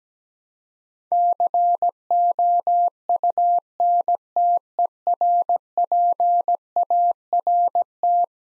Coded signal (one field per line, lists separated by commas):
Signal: Morse code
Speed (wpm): 17 wpm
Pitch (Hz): 700 Hz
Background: none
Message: COUNTERPART